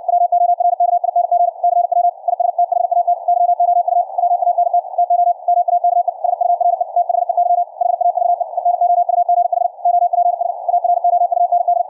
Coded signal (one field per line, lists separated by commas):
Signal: Morse code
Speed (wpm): 63 wpm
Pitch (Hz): 700 Hz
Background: radio noise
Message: WORKING CW IS THAT YOU WANT TO MAKE SURE THEY HAVE ENOUGH OPS AROUND